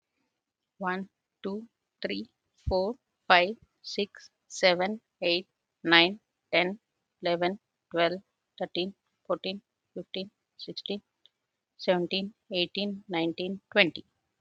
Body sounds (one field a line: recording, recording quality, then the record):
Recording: counting at a normal pace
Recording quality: excellent, no background noise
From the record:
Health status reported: healthy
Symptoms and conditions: hypertension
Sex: female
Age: 42 years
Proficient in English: yes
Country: India